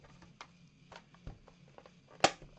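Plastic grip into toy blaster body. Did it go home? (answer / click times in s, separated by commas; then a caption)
yes / 2.2 s. A plastic grip is fitted back onto the body of a foam-dart toy blaster, with a few faint handling clicks and taps beforehand. A loud snap at 2.2 s marks the grip seating into place.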